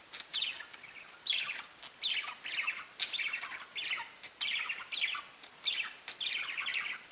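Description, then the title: Budgerigar warbling, rapid chirps and scratchy notes in repeated bursts throughout. "Budgie Sounds"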